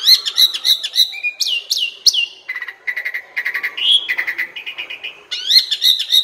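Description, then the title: Asian pied starling singing a continuous varied medley of squeaky whistles, rapid chatter and repeated harsh notes, with rising and falling slurs. Training song (masteran) meant to make birds that sing too little and seem listless sing more. "Masteran Jalak Suren Atasi Burung KURANG GACOR Dan LOYO"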